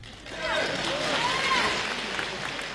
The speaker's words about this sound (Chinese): 哎呀，上来就有掌声啊，这掌声是给我的吗？